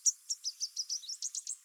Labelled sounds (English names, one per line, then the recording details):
Chestnut-capped Warbler song
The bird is a female
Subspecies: delattrii
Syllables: 10
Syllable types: 5
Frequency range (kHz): 3.7-8.5 kHz
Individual CR-D51-F